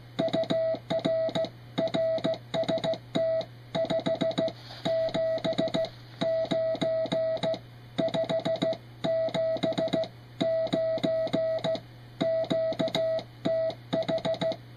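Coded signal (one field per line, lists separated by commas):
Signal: Morse code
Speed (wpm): 15 wpm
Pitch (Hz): 660 Hz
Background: music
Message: UR RST 5 7 9 57 9 QTH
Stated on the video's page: Morse from a low-power retro station built around two peanut tubes.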